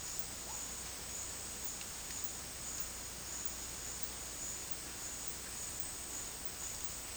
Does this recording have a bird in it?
no